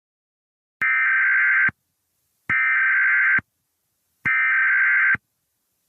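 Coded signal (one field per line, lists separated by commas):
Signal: Emergency Alert System (SAME) tones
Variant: header bursts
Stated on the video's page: Fictional EAS scenario remake.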